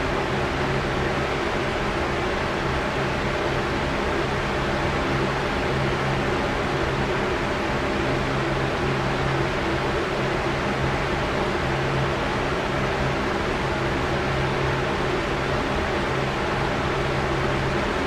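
A box fan runs steadily, giving off a dense, even rush of air that fills the low and middle range and thins out toward the top. A low motor hum sits underneath, with faint tones that come and go, while the overall level never changes.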